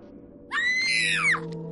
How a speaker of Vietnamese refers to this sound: Và rồi hai tiếng thét lên kinh hoàng trước mắt Hương